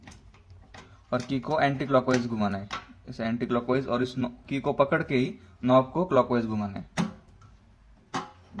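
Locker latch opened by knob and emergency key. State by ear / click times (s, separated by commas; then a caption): released / 8.6 s. On an Ozone Tusker 10 NXT locker, the emergency key is held turned anticlockwise while the knob is turned clockwise. Someone talks through most of the clip over a few faint ticks. At 8.6 s the metal locker latch gives a sharp click as it opens.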